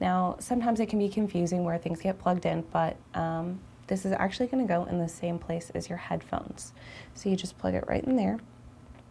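A double-ended 3.5 mm auxiliary cable plug is handled at an iPod's headphone jack, ready to be pushed in, while a woman talks throughout in a small room. Nothing has seated or snapped into the jack yet by the end of the clip.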